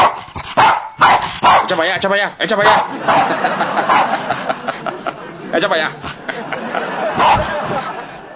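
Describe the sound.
A dog barks repeatedly in short, sharp bursts, some rising into whiny yelps, while voices carry on underneath for the whole stretch.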